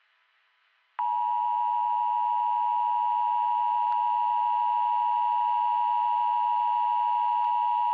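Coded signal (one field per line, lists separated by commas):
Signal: Emergency Alert System (SAME) tones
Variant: 853 and 960 Hz attention tone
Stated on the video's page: Fictional EAS scenario, not a real alert.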